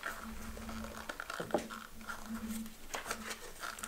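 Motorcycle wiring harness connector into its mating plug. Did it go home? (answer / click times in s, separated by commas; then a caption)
no / none. Hands handle a Yamaha WR450F wiring harness connector, held in a rubber mount, while lining it up to push into its mating plug during an ECU and map switch install. Light taps and brief sharp ticks sound at about 0.1, 1.2, 1.5, 3.1 and 3.8 seconds over a steady low hum. Nothing has seated or clicked yet.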